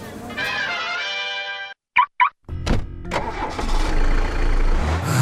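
A car's starter whines steadily, falls silent, then gives two quick chirps before the engine catches and settles into a loud, rough rumble.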